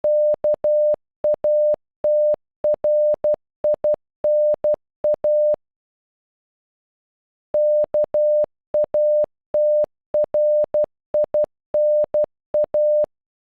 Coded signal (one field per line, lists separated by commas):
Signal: Morse code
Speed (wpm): 10 wpm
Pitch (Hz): 600 Hz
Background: none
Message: KATRINA KATRINA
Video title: Katrina in Morse code